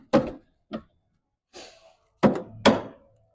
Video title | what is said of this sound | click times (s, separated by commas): Tornado BR 18/11 Scrubber Training | And it snaps back into place like that. | 2.2 s, 2.7 s